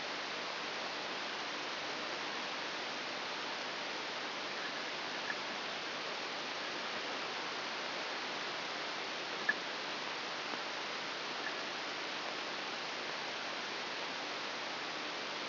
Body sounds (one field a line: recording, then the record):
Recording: brain microelectrode recording played as sound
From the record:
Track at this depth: inside the subthalamic nucleus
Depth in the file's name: 1.007 mm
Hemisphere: right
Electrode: 3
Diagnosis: Parkinson's disease